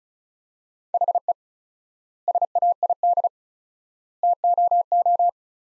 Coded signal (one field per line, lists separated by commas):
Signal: Morse code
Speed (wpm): 36 wpm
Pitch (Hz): 700 Hz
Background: none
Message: HE SAID TOO